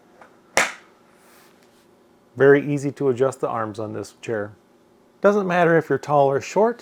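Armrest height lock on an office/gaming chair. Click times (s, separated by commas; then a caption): 0.6 s. A button is pushed on the armrest of a DPS gaming chair from Costco, and the arm is dropped down until its height lock clicks into place with a single sharp, loud click at 0.6 s. Afterward someone talks.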